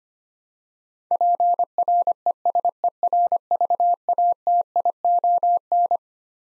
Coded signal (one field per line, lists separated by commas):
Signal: Morse code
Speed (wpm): 25 wpm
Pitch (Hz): 700 Hz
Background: none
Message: PRESERVATION